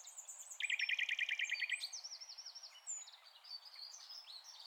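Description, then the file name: Common nightingale song beginning with a fast, buzzy series of repeated notes, followed by looping whistled phrases and softer twitters. "Luscinia megarhynchos"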